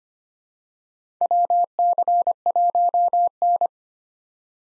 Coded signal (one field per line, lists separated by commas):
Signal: Morse code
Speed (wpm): 25 wpm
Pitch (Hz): 700 Hz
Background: none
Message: WC1N